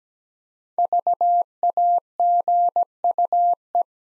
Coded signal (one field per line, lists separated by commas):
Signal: Morse code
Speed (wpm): 17 wpm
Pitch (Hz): 700 Hz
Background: none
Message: VAGUE